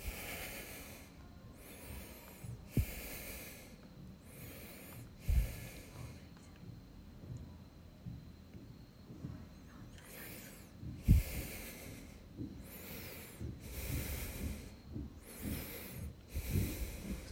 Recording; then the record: deep breathing after running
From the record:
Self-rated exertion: moderate exertion (3 of 6); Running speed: 6 miles an hour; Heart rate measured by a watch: 90 beats a minute at the start, 94 at the end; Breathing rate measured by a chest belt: 19 breaths a minute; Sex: male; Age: 29 years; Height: 172 cm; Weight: 70 kg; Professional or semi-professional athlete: no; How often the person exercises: 1 to 2 times a week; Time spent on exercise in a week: 3 to 4 hours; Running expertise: no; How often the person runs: 1 to 2 times a week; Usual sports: weight training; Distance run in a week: 20 km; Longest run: 21 km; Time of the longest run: 120 minutes